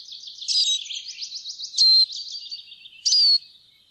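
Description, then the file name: Eurasian siskin song: a thin twittering run of rapid buzzy notes with three loud drawn-out wheezy notes standing out, all high-pitched. "groennsisik"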